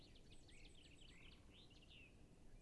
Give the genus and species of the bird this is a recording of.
Dendrocopos major